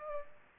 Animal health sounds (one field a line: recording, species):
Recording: mosquito wingbeat signal from an infrared sensor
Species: Culex pipiens